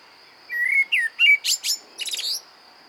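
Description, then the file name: Common blackbird song: low mellow whistled notes followed by a high, squeaky twittering flourish, over a steady faint high-pitched background tone. "Turdus merula"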